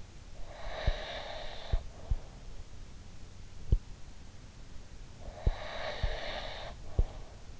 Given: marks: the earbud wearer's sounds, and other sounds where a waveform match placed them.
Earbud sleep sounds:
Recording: sounds in sleep by an in-ear microphone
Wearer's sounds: breath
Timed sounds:
0.56-2.47 s: breath
5.14-7.60 s: breath

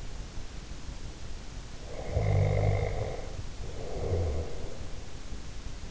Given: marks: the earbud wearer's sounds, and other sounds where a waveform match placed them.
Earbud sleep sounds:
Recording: sounds in sleep by an in-ear microphone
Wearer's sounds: snoring breath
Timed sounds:
1.74-5.12 s: snoring breath

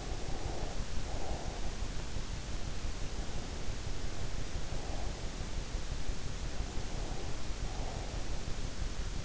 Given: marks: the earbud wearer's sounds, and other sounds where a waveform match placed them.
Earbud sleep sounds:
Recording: sounds in sleep by an in-ear microphone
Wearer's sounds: breath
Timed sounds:
0.00-2.19 s: breath
3.07-5.17 s: breath
6.42-8.51 s: breath

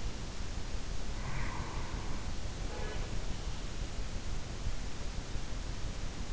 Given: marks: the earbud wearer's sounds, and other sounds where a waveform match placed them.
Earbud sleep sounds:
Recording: sounds in sleep by an in-ear microphone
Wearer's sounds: breath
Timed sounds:
1.10-2.44 s: breath
2.44-3.22 s: sound from someone else or the room

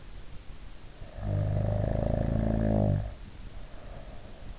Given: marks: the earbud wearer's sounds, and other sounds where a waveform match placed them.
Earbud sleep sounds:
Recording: sounds in sleep by an in-ear microphone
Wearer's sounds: snoring breath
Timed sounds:
0.95-4.55 s: snoring breath

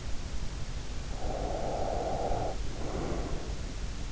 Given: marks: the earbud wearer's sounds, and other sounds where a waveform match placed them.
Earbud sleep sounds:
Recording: sounds in sleep by an in-ear microphone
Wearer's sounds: breath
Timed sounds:
1.35-3.55 s: breath

